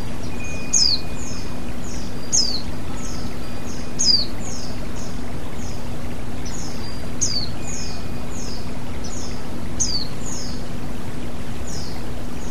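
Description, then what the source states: White-eye calls: bursts of high, sliding-down chirps with softer chips between, recurring about every one and a half seconds with one longer gap, above a constant low droning hum. Female.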